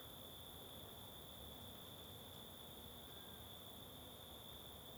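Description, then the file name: Cricket giving a continuous high, even trill that never pauses, over a low hissing background. Constant cricket in forest ambience on the Simão Correa waterfall trail. "Ambiencia em Bosque na Trilha da Cachoeira Simao Correa com Moscas e Grilo Constante"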